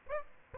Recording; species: mosquito wingbeat signal from an infrared sensor; Aedes aegypti